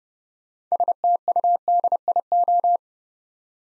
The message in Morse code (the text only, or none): STUDIO